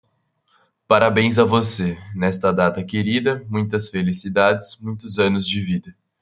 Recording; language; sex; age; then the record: short text; Brazilian Portuguese; male; 20 to 29 years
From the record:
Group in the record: control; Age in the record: 20 years